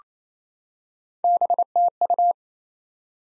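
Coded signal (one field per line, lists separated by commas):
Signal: Morse code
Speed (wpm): 28 wpm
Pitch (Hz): 700 Hz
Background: none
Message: BTU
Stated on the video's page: Morse code drill of top 20 QSO elements at 28 wpm for head-copy.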